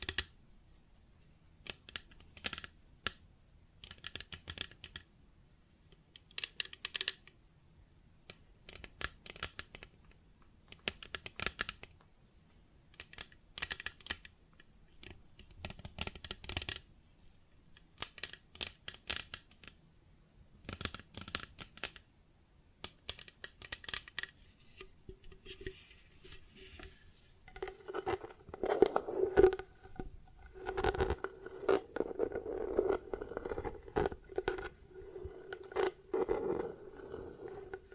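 Plastic objects are tapped and scratched in short bursts of quick clicks, arriving every second or two with brief silences between. After about 27 seconds the sound grows denser and louder, with a steadier scraping rub mixed under the tapping through to the end.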